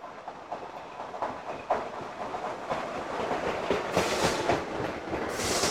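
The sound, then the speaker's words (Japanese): A train rolls into a station, its steady rumble swelling with rhythmic wheel clacks, then sharp bursts of high hiss from the brakes as it slows. No voices. “ああ、来ました。電車が来ました。”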